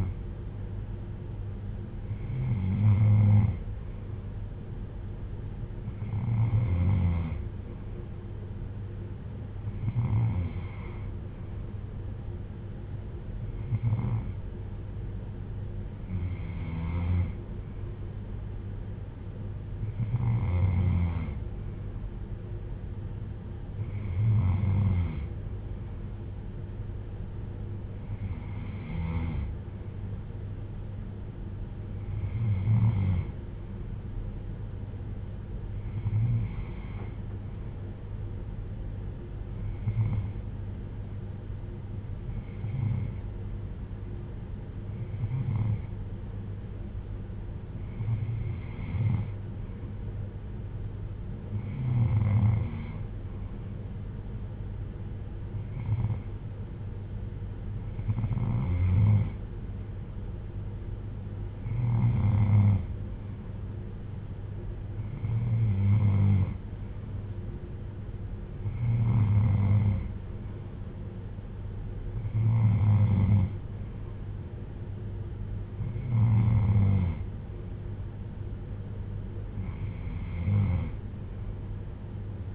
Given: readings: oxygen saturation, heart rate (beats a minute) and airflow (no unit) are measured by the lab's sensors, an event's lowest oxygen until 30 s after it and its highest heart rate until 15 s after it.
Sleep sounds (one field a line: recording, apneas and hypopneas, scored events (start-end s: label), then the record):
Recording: breathing in sleep by a smartphone at the bedside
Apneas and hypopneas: none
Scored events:
none scored
From the record:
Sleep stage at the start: N3 (deep sleep)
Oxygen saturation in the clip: 93 to 95%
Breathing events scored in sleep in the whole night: 310 in 8.1 hours asleep